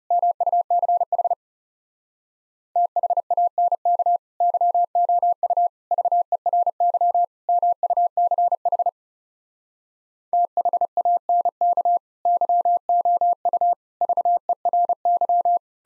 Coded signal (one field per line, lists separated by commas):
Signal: Morse code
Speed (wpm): 37 wpm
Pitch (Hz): 700 Hz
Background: none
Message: MUCH THANK YOU VERY MUCH THANK YOU VERY